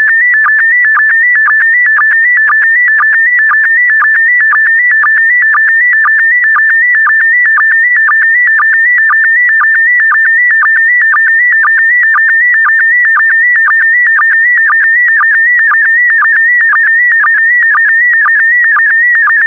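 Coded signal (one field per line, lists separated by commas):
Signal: SSTV (slow-scan television)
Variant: PD120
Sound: steady warbling tone near 2 kHz with short low blips about twice a second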